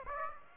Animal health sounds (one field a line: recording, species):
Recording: mosquito wingbeat signal from an infrared sensor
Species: Aedes aegypti